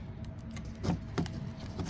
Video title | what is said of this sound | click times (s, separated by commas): Cidava 13 Inch Qualcomm Android 11 Car Radio For Chevy Silverado & GMC Sierra 2014-2018.@evelynchengc | I just heard it finish clicking in all the way. | 1.2 s, 1.3 s